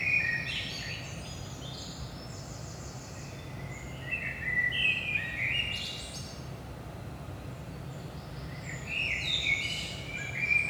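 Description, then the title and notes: Common blackbird, several fluty warbled phrases spread throughout, with brief high squeaky flourishes, over a constant deep background hum. Saint-Gilles, Belgium; about 5 am, early morning; recorded with DPA 4060 microphones in AB placement into a Zoom F3. "Saint-Gilles, Belgique - 5am Blackbird. Blackbird in the morning. Merle au petit matin"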